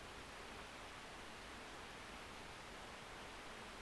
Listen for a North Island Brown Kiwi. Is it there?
no